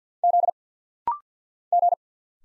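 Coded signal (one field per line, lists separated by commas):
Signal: Morse code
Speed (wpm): 50 wpm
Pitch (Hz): 700 Hz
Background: none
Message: Z G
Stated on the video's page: Rapid-fire single-letter instant character recognition drill at 50 wpm, each letter sent in Morse, spoken, then sent again.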